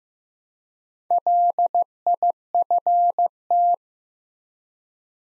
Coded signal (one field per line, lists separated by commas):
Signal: Morse code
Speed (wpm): 15 wpm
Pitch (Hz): 700 Hz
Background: none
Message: LIFT